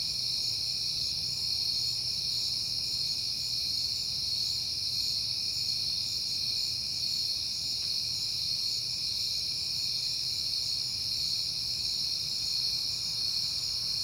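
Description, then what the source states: Cricket chorus, an unbroken high-pitched trilling that holds steady throughout, with a soft low hum underneath. Crickets recorded on a peaceful night in September.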